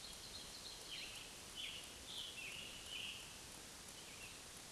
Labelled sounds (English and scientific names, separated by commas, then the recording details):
Scarlet Tanager (Piranga olivacea) song
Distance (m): 65 m
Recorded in a Pennsylvania forest on 1 June 2023 at 08:08
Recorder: AudioMoth, point grid3_32_high
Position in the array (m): 164 m, 141 m